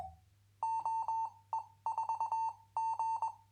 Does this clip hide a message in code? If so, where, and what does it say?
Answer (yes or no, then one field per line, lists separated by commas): yes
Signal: Morse code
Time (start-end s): 0.6-3.3 s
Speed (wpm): 21 wpm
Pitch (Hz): 900 Hz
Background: none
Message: OE4G